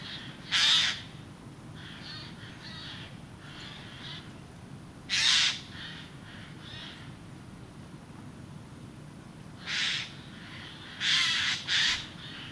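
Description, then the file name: Eurasian jay screeching harshly several times, loud rasps mixed with softer, fainter scratchy notes between them, over a low steady rumble. "Garrulus glandarius"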